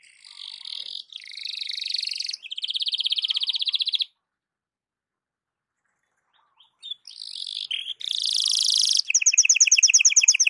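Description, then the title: Belgian canary singing rapid rattling trills in several phrases, broken by a silent pause of a few seconds before resuming with more high buzzy rolls. Belgian canary morning song, used to warm up canaries and suited for tutoring other birds (masteran). "Canto Para Esquentar Canário Belga. SUARA BURUNG KENARI DI PAGI HARI COCOK BUAT MASTERAN"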